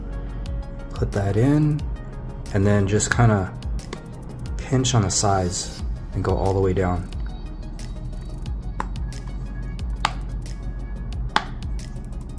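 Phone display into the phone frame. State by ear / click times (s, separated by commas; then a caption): seated / 8.8 s, 10.0 s, 11.4 s. Someone talks over background music while an iPhone 14 Pro Max display is hooked into the top of the phone frame, then pinched along the sides and pressed down all the way. Sharp clicks at 8.8, 10.1 and 11.4 seconds are the display's clips snapping into the frame, leaving the screen seated.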